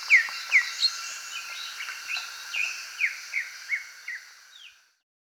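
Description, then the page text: Greater green leafbird song: a series of clear downslurred whistled notes, about two per second, fading out near the end over a soft hiss. "Greater Green Leafbird Song. Quick Sounds"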